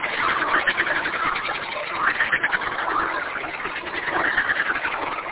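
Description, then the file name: Frogs in a dense chorus, many overlapping pulsed croaks blending into a steady rattling din, with louder swells near the start, middle and end. "kunstradio froesche"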